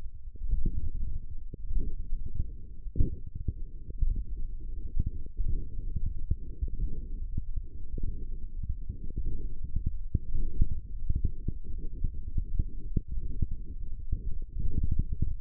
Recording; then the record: forearm muscle sounds (acoustic myography)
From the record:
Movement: finger pinch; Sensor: system 1, eight BSWA MPA416 microphones around the upper forearm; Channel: 5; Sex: female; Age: 20 years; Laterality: right